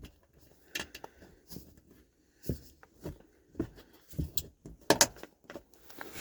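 A second plastic push clip is pressed by hand into the plastic engine under-tray and car body of a Chery Tiggo 7, among scattered handling taps and rustles. It snaps home with a sharp click at 4.9 s and seats straight in, needing no tightening.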